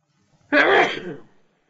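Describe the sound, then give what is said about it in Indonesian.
A single sneeze bursts out abruptly, a sharp, noisy blast that trails off over about a second, with nothing else around it. “Alhamdulillah. Yahdikum Allah wa islihu balakum.”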